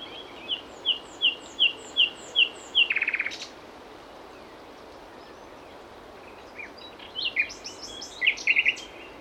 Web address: SETE data Luscinia megarhynchos